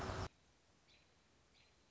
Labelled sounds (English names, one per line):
American Robin